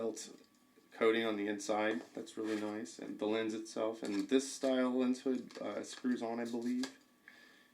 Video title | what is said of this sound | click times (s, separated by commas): Review & Unboxing - Canon 50mm f/1.2L - Plus Deathmatch 1.4 vs 1.2L | and locks in place like that. | 7.3 s